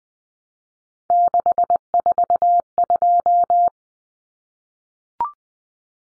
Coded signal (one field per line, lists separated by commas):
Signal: Morse code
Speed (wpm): 20 wpm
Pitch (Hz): 700 Hz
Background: none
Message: 642